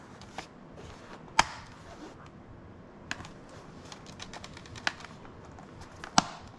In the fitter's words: the sides snapped in so let's turn it around and we'll plug it in and make sure